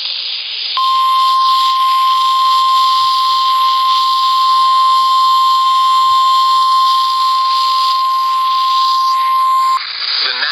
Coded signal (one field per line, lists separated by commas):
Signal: Emergency Alert System (SAME) tones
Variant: 1050 Hz attention tone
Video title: So Many Tornadoes and Severe Thunderstorms. (EAS 56-92) 3/31/23.